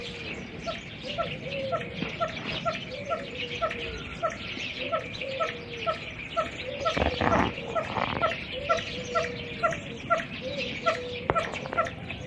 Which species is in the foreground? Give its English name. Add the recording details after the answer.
Swinhoe's Pheasant. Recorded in captivity. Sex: male. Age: adult. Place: Zoo Leipzig, Sachsen, DE. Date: 1965-03-26 16:00. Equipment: R 21. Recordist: TSA